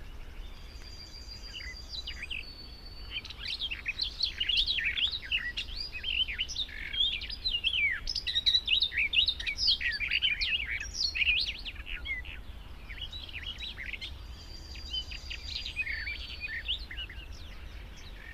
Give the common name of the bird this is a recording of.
Barred Warbler